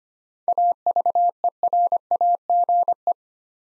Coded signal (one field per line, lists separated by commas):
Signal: Morse code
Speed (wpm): 25 wpm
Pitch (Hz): 700 Hz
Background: none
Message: AVERAGE